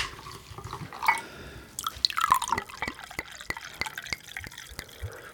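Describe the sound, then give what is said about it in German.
Red wine is poured into a deep glass: a short burst of gurgling glugs rising in pitch, followed by a series of faint, evenly spaced drips and clinks. No one speaks. “Ja, ich ändere jetzt was an meinem Pegel. Mit Traubensaft. Vino Tinto, würde ich sagen.”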